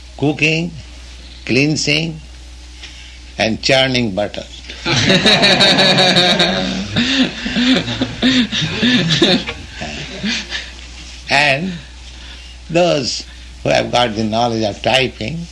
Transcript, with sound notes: cooking, cleansing, and churning butter. [laughter] And those who have the knowledge of typing